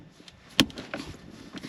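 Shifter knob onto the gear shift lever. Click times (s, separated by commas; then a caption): 0.6 s. A new plastic shifter knob for a Buick is slid onto the gear shift lever so it catches in a small groove. It snaps into place with a sharp, loud click at 0.6 s, followed by a softer click around 0.9 s and faint handling sounds. The knob is seated and the shifter is fixed.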